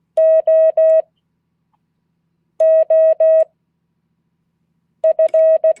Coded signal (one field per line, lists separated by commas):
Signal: Morse code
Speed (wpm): 16 wpm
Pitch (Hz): 620 Hz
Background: none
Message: OOF